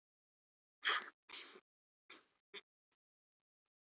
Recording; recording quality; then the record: heavy voluntary cough; poor, much background noise or distortion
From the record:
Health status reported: recovered from COVID-19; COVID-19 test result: positive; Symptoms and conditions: none ticked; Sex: male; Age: 27 years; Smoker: not ticked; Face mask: worn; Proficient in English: yes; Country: India